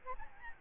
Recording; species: mosquito wingbeat signal from an infrared sensor; Aedes albopictus